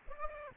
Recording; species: mosquito wingbeat signal from an infrared sensor; Aedes aegypti